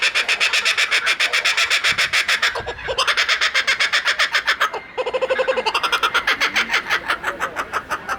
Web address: cockabarra riendo